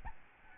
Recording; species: mosquito wingbeat signal from an infrared sensor; Aedes albopictus